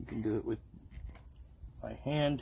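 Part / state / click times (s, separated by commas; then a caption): plastic push-pin trim retainer into a motorcycle front fender panel / not seated / none. Someone talks while pushing a plastic push-pin trim retainer back into its hole in a Can-Am Ryker front fender panel by hand, with no pliers. Faint handling ticks are heard between the speech, but the pin has not seated or clicked yet.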